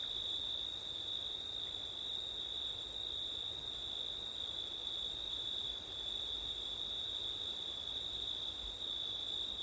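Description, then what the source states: Cricket chorus of unbroken high trilling, an upper shimmering band fading briefly twice, against a quiet rushing hiss. Crickets on a September night, with wind; ortif (ORTF) microphone setup.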